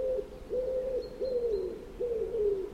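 A pigeon coos three times in a steady rhythm, each call a low, smooth tone that dips gently at the end, over a faint background hiss.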